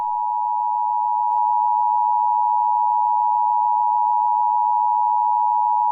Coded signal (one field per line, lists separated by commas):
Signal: Emergency Alert System (SAME) tones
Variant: 853 and 960 Hz attention tone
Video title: Eas Mock Scenario: Black Fog